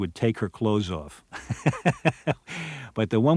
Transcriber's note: laughs